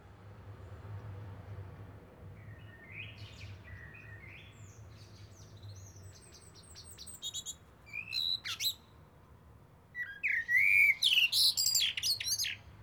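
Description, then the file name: Common blackbird song over steady low background hum: soft scattered notes at first, then a loud warbled phrase ending in high twitters near the end. "Turdus merula"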